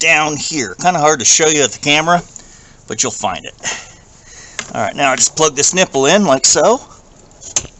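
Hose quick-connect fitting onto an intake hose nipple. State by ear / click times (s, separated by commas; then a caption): seated / 7.6 s. Someone talks while pushing the hose quick-connect fitting of a dual oil catch can kit onto the nipple of the boost inlet hose on a 2018-or-later Ford F150 EcoBoost engine. One sharp click sounds at 7.6 s, with fainter ticks just before and after it, and the fitting is seated.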